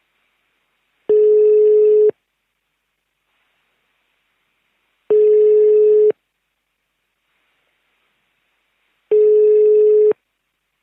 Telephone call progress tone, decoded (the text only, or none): ringback tone